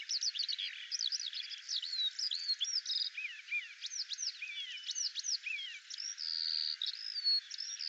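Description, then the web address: Eurasian skylark song of quick chirps followed by looser, spaced slurred whistles rising and falling, with a few sustained thin notes near the end. "Deverinetal 2025 File cleaned normalized Bird Al Ar"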